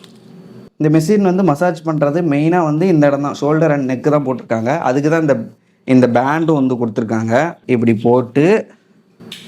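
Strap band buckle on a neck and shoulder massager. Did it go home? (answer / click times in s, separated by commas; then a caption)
yes / 9.3 s. Someone talks while fitting the supplied strap band onto a neck and shoulder massager and fastening it behind. A sharp click is heard at 9.3 seconds as the strap buckle locks into place.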